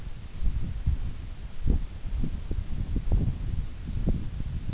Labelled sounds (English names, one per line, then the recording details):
none
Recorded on Arctic tundra, site NAIT-1, on 24 June 2019
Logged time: 04:00